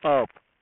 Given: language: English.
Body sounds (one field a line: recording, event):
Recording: throat vibration sensor signal played as sound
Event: speech